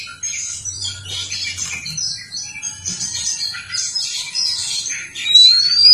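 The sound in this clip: Oriental magpie-robin song: dense scratchy chatter and chirps, ending in a clear rising whistle.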